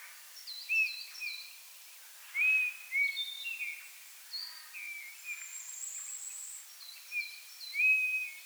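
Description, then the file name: Eurasian bullfinch, short mellow piped notes, some slightly rising, scattered through a busy chorus of chirping and high thin whistles from other birds. "Pyrrhula pyrrhula"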